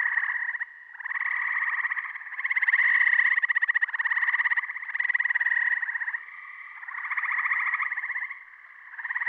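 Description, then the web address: Gray tree frog giving musical pulsed trills, each a second or more long, following one another almost without a break. Recorded in eastern North America. "Dan Gibson Wildlife Identification By Sound, Eastern North America Pt 1. Gray Tree Frog"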